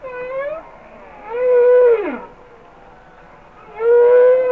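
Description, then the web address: Humpback whale song: loud, steady harmonic moans, one ending in a sharp downward sweep, with quieter wavering tones between. "Whale Songs Sounds of Nature - Humpback Whales"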